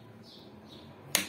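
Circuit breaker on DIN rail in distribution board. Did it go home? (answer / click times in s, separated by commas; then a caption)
yes / 1.1 s. While someone works on the terminals of a thermomagnetic circuit breaker on a DIN rail in a distribution board, a low, steady background hum gives way to one sharp, bright click at 1.2 s (1.15 s). The breaker clicks, and the click is confirmed as it seating.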